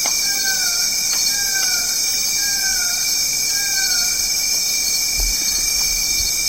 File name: slaty backed forest falcon